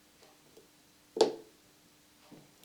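A metal Torx screw is turned counterclockwise in the plastic threaded hole of a robotic mower front wheel (Automower 420, 430X, 440, 450X, 520, 550, 550 EPOS). Against faint ticks and near-silence, one sharp click sounds at 1.2 s as the screw's thread drops into the existing plastic thread. The screw is seated at the thread start, ready to be turned clockwise without cross-threading.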